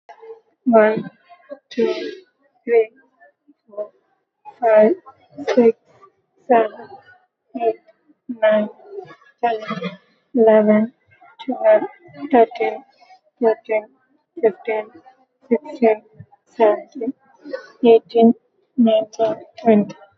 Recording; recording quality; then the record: counting at a normal pace; moderate, slight background noise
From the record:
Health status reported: recovered from COVID-19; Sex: female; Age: 36 years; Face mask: worn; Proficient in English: yes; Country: India